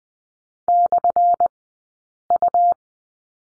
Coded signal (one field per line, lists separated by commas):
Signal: Morse code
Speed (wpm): 20 wpm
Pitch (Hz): 700 Hz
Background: none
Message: /U